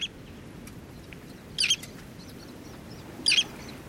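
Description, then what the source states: Roseate Tern uttering brief, rasping high calls, two clear bursts plus a faint one, against a steady low background hiss. Endangered species; heard along the Connecticut shoreline of Long Island Sound.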